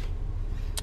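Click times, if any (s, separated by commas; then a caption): 0.8 s. In the third row of a 2011 Audi Q7 3.0T S Line Prestige, the end of the cargo cover is set into its plastic side trim holder. A low steady rumble runs throughout, then a sharp click at 0.8 s as the cover locks in place.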